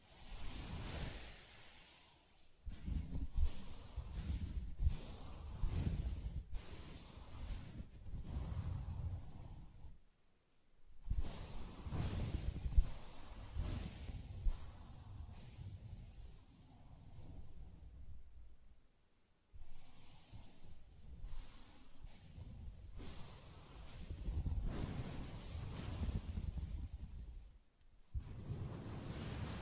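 Soft fabric is tapped and scratched in dense, muffled bursts with a low, rustling texture, broken by brief pauses near 10, 19 and 28 seconds.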